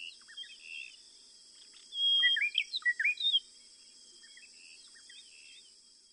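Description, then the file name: White-browed robin-chat song: a loud burst of rich, varied whistled and warbled notes lasting about a second and a half, with fainter notes before and after, over a steady high-pitched drone. "White browed Robin Chat Cossypha heuglini"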